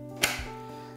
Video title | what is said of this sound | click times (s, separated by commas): Luggie Electric Wheelchair Chair Features & guide | we comfortably hear it lock back in place. | 0.2 s